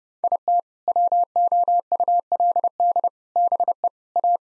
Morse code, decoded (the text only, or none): IT WOULD BE A